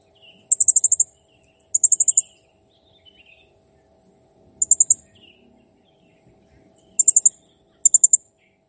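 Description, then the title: Blue-crowned hanging parrot song: very high, thin trilled bursts of rapid clicky notes, given in five short bursts separated by pauses, with faint lower chips between. Cage-bird song used for training (masteran); described as clear and gacor (singing actively). "Masteran Burung Serindit Ll Masteran Serindit Gacor Jernih"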